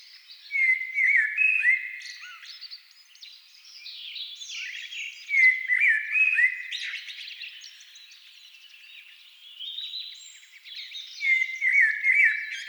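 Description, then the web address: Thrush song: fluty, whistled phrases with falling slurs and twittering ends, swelling and easing in loudness. Several thrushes singing at dusk. "agykontroll CD 3-A természet hangjai Rigók szürkületkor"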